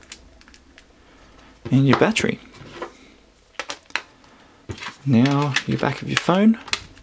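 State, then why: Not seated. A plastic back cover is handled against the body of a Samsung Galaxy S4 smartphone while someone talks, with light ticks early on and a quick cluster of sharper clicks around 3.6 to 4.0 seconds. Nothing has seated or clicked into place yet.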